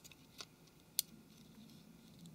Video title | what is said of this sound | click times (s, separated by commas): Nokia Lumia 720 - Disassembly & Assembly - Digitizer Display Screen & Case Replacement | Now plug the display cable back onto the mainboard. Try and make sure you can hear it snap down into place. | 1.0 s